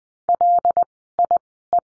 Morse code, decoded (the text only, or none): LIE